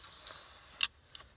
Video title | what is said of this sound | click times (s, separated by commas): First Crossbow...What to expect | you'll hear the click and once it's locked in you can just kind of fumble the hooks off | 0.8 s